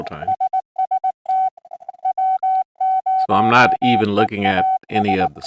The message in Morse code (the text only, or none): SST W0EAS